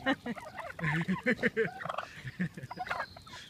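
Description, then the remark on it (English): Several turkeys gobble in rapid, overlapping bursts, a busy chorus of warbling, throaty calls with a few higher chirps mixed in, moderately loud and continuous throughout. “The birds, part two. Gobble, gobble, gobble.”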